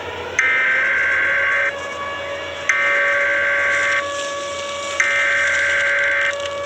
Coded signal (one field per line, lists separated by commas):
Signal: Emergency Alert System (SAME) tones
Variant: header bursts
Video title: Emergency Alert System ( Micah 2:10 )